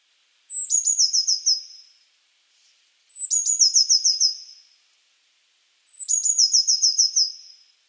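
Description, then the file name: Eurasian blue tit song: a thin high note or two followed by a fast descending trill, repeated three times at roughly two-and-a-half-second intervals in a quiet setting. "Cyanistes caeruleus"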